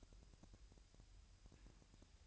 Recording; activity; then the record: daily activity, microphone in the room; take from stove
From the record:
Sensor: 2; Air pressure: 1001.8 hPa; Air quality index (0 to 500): 247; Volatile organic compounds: 36 ppm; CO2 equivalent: 3072 ppm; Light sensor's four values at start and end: 5/11/4/5 and 5/11/4/5